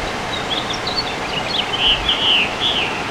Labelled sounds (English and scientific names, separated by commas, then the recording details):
House Finch (Haemorhous mexicanus) song
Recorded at Patchogue on Long Island, New York, on 21 June 2013
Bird G